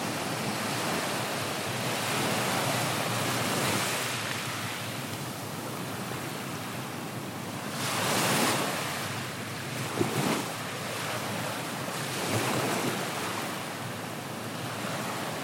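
Waves break slowly on a beach, a steady wash of surf with swells rising around eight seconds and again near twelve. A brief sharper splash stands out near ten seconds. Wind buffets the microphone, adding a low rumble beneath the hiss.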